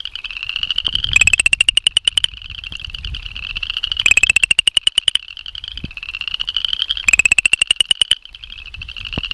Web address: Frog Pseudacris Fouquettei